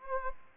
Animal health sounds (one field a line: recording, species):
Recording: mosquito wingbeat signal from an infrared sensor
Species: Anopheles gambiae